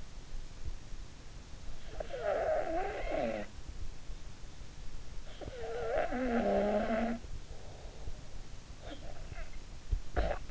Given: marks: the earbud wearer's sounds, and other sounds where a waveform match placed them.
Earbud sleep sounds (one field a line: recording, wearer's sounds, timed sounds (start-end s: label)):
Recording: sounds in sleep by an in-ear microphone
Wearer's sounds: snoring breath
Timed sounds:
1.85-3.58 s: snoring breath
5.30-8.29 s: snoring breath
8.93-10.50 s: snoring breath